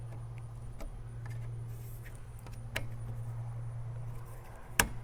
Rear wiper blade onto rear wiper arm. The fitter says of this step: And then it just snaps in.